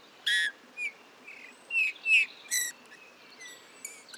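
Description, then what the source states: Eurasian bullfinch song: soft thin whistled notes near mid-high pitch, broken by several loud short harsh bursts, with quiet gaps and faint background hiss. Male in breeding plumage perched on a budding blackthorn at La Sarcena, Drôme, France, 15 March 2020; a few calls then a soft, barely audible babbling song; recorded with Nagra Seven and Telinga Pro7 parabola.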